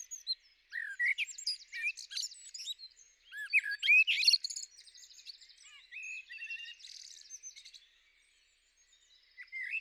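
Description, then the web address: Common blackbird with varied song: rich whistled notes, then high trilled and buzzy squeaks, dropping to near silence before one last note at the end. Recorded on 9 April 2021. "2021 04 09-merel"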